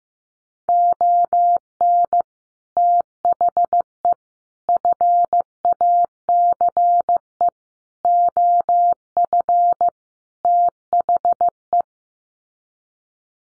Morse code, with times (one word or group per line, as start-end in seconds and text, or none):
0.7-2.2 ON
2.8-4.1 THE
4.7-7.5 FACE
8.0-9.9 OF
10.4-11.8 THE